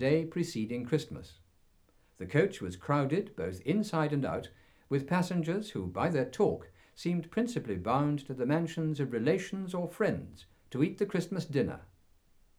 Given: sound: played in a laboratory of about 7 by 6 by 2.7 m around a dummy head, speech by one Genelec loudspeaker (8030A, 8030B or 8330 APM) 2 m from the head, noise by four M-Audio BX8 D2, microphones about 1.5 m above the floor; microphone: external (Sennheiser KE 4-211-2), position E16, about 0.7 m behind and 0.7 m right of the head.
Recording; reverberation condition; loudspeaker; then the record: male speech in English; low; 150 degrees to the right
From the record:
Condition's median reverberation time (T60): about 310 ms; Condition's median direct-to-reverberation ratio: about 3.5 dB